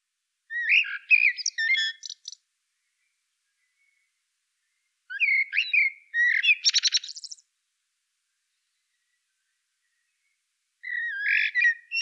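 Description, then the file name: Common blackbird song: three warbled phrases spaced about five seconds apart, low flute-like notes followed by thin, high, chattering twitters. "Turdus merula"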